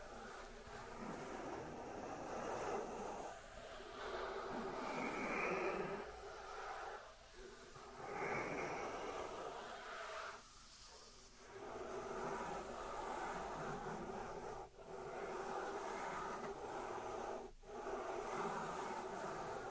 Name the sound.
Dry Dry Dry Hand Sounds